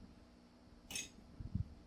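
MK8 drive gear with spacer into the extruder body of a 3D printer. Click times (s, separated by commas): 0.9 s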